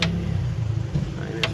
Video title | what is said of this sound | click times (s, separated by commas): Paket box sound system | ini sudah mengunci ini. | 0.0 s, 1.4 s